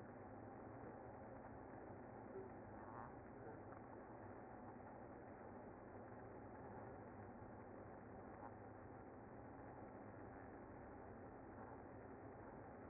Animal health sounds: honeybee colony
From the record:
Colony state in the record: active

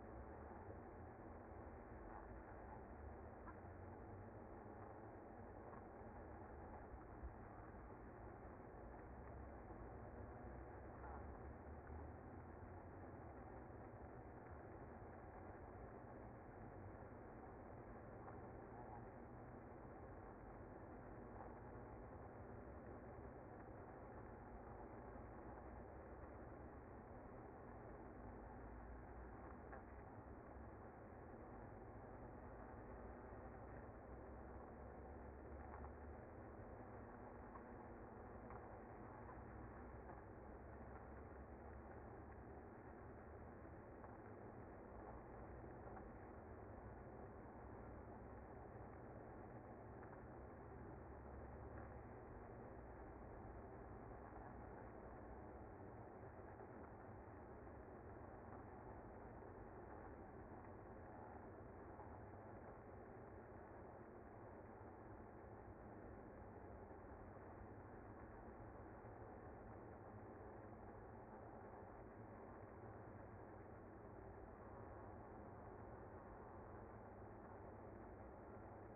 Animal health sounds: honeybee colony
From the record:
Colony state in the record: active

